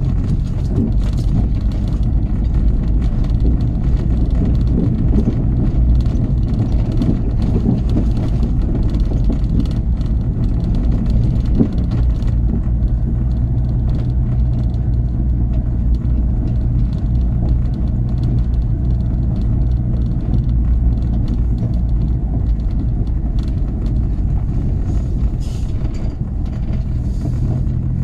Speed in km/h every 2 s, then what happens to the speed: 19, 23, 24, 23, 21, 21, 23, 24, 24, 24, 24, 23, 18, 16.
0-21 steady at about 23. 21-25 slows to 16.